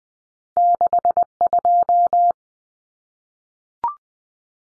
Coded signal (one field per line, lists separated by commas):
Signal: Morse code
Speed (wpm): 20 wpm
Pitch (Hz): 700 Hz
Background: none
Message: 62